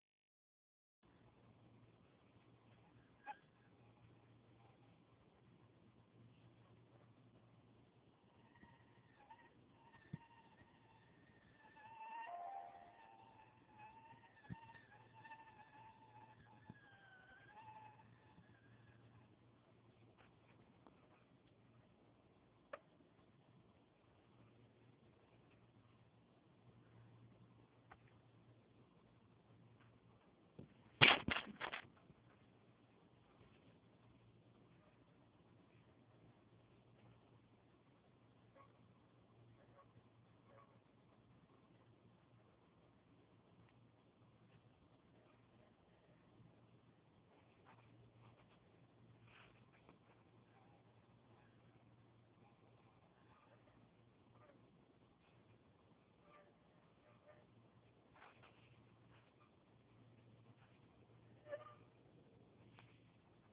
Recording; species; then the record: mosquito flight sound by mobile phone; Anopheles stephensi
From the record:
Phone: Huawei 866C